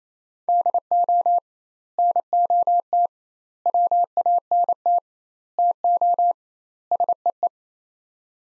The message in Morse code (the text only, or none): DO NOT WANT TO SEE